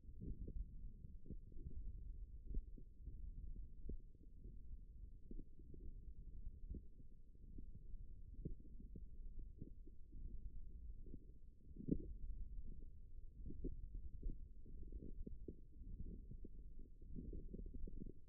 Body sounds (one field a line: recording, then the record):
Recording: forearm muscle sounds (acoustic myography)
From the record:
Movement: thumb flexion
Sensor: system 1, eight BSWA MPA416 microphones around the upper forearm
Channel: 4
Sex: female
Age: 22 years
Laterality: right